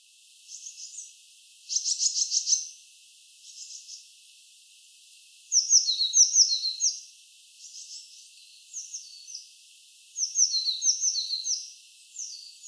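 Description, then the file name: Eurasian blue tit, high scratchy churring notes and bright repeated phrases of slurred notes, in several bursts with short gaps. "Cyanistes caeruleus"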